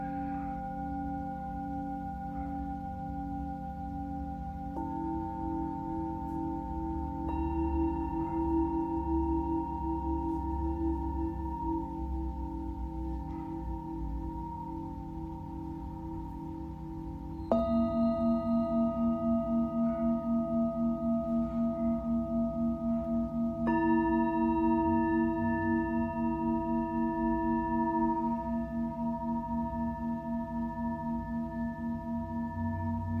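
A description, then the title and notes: A Tibetan singing bowl rings in long sustained tones, with fresh strikes near 5, 17 and 24 seconds adding brighter shimmering overtones and a low hum. Tibetan Singiing Bowl のサウンドヒーリングチャンネル LIVE.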